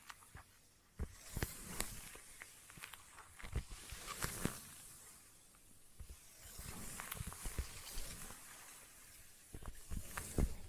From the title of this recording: Intense Sticky Tapping and Sticky Triggers